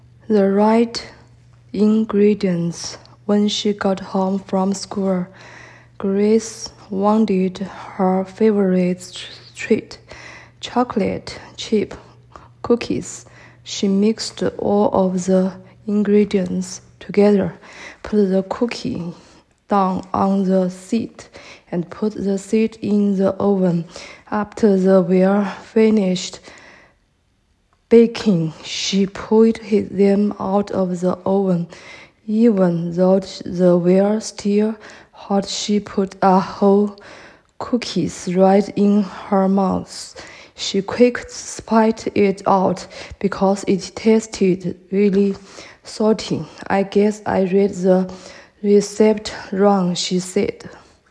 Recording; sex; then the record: reading aloud after running; female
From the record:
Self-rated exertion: moderate exertion (3 of 6); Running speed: 5 miles an hour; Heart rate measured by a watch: 125 beats a minute at the start, 117 at the end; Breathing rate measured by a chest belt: 19 breaths a minute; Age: 51 years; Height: 160 cm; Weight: 57 kg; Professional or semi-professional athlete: no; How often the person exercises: over 5 times a week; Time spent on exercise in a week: 1 to 2 hours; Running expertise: no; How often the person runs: under once a week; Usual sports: yoga